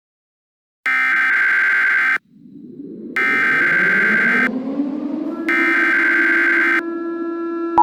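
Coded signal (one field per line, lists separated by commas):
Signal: Emergency Alert System (SAME) tones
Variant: header bursts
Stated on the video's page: Fictional EAS scenario, not a real alert.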